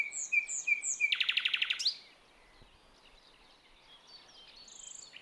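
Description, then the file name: Common nightingale song opening with whistled notes, then a loud rapid rattling series ending abruptly, followed by quieter high notes. "Luscinia megarhynchos"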